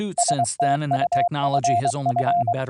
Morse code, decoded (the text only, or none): STUFF